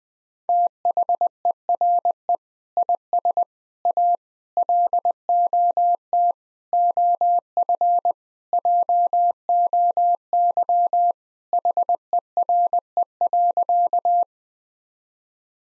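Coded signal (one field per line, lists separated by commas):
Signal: Morse code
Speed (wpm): 20 wpm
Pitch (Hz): 700 Hz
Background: none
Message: THERE IS A LOT OF JOY HERE.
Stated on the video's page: 20 wpm Morse practice: sentences with common five-word phrases, first words spoken before sending, each sentence sent twice for head-copy.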